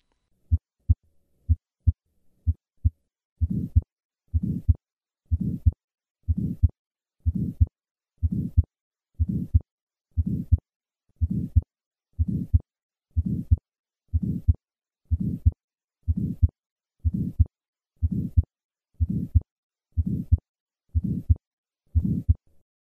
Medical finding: Innocent Systolic Murmur.